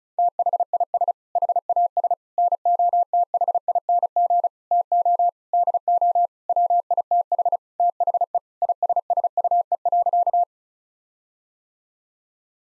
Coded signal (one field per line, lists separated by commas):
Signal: Morse code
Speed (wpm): 36 wpm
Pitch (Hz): 700 Hz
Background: none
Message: THIS HAS NOTHING TO DO WITH THE ISSUE.